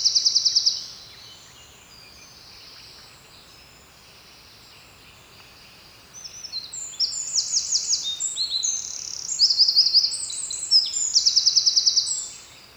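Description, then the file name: Eurasian wren song: a brief burst of high trills at the start, then after a pause a long, loud, rapid run of high twittering notes and fast trills lasting about six seconds. "Troglodytes troglodytes"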